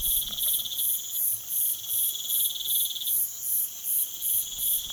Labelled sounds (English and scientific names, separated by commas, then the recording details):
none
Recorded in pastures near Puerto Asís, Putumayo, Colombia, on 19 June 2025 at 01:00
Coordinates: 0.487, -76.322
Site H26